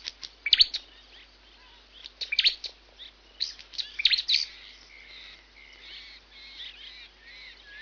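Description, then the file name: Bird chirps and twitters, quick high notes in bursts early on, then softer wavering whistled notes trailing through the second half. "Bird tweets"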